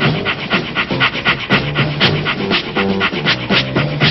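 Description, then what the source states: Dog panting in quick rhythmic breaths, with soft tonal whines over the breathing. Puppies.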